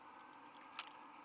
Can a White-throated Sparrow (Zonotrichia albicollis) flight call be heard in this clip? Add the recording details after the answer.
no. No flight call is heard. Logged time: 05:10 on 24 November 2014